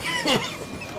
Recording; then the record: coughing mixed with background sound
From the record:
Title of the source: Dry Afternoon Cough